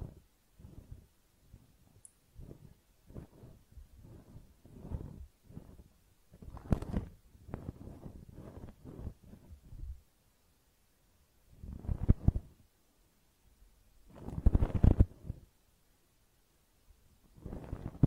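Ear cleaning, heard as a series of low, muffled rubbing and scraping bursts. Short strokes repeat about every half second through the first ten seconds, then pauses are broken by louder, harsher scrapes near 12 and 15 seconds and again at the end.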